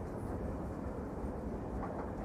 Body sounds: background sound without coughing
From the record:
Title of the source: Train Ride Ambience ambient white noise for sleeping, focus, studying, reading

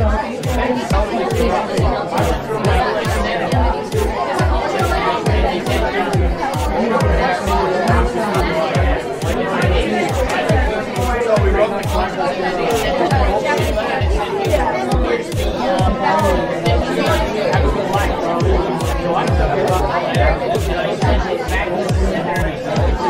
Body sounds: background sound without coughing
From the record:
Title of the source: Nightlife Party Simulating Party Club Noise 1 Hour

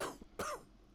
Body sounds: coughing mixed with background sound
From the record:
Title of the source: Coughing 79

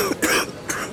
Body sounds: coughing mixed with background sound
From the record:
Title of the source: 31 night wet cough

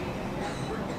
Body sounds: coughing mixed with background sound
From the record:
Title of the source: female coughing - coughing sound effects girl

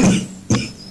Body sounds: coughing mixed with background sound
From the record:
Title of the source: Spring Cold Coughing.

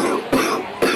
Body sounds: coughing mixed with background sound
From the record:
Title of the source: Coughing 77

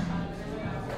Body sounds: background sound without coughing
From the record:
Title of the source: 60 minutes of coffee shop sounds for study and concentration

